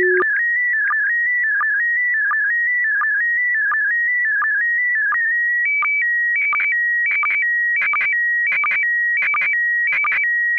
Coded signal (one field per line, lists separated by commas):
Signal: SSTV (slow-scan television)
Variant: PD 90